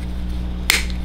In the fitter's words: Oh, nag-lock na rin.